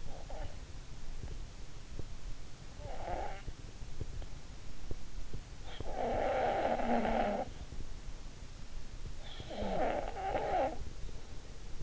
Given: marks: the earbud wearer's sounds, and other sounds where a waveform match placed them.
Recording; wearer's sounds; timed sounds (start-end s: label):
sounds in sleep by an in-ear microphone; snoring breath
0.00-0.65 s: snoring breath
2.79-3.51 s: snoring breath
5.83-7.41 s: snoring breath
9.32-11.82 s: snoring breath